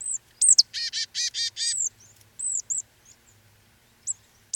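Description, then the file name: Marsh tit calls: sharp high down-slurred notes, then a quick series of four buzzy, nasal harsh notes, followed by more scattered thin high calls. "Poecile palustris"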